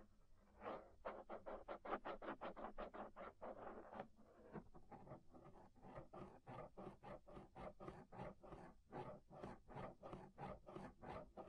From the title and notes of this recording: Inner and Outer Ear Scraping (No Talking).